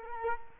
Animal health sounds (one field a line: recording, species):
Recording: mosquito wingbeat signal from an infrared sensor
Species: Culex quinquefasciatus